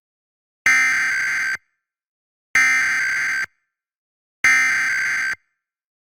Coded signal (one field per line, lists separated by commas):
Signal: Emergency Alert System (SAME) tones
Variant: header bursts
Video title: Pennsylvania RMT for November and December 2023 [EAS #1,141-1,155]